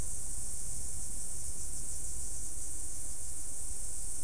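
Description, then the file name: Insects calling: a dense, constant high-pitched shimmering drone with no breaks, over a soft low background rumble. "mainly insect"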